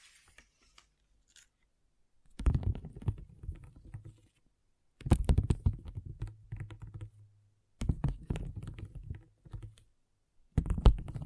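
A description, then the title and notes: Pixel art beads clatter in dense bursts of small plastic clicks, like a handful being stirred or poured. Four separate bursts, each lasting a second or two, start at about 2.5, 5, 8 and 10.5 seconds, with near silence before and between them. ASMR Relaxing Pixel Art Beads ( No Talking).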